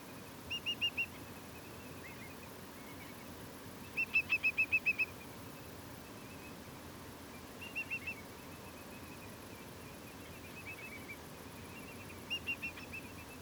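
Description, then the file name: Whimbrel piping calls: short bursts of several clear, rapid whistled notes, repeated every few seconds, with fainter calls between and a steady faint hiss behind. Several whimbrels piping a lot at Portland, 17 August 2023. "Whimbrels-lots-of-piping-Portland-230817"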